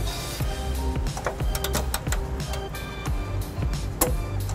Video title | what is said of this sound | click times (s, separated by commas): 2019 Kia Sorento Trailer Hitch Installation | And there's our click. | 4.0 s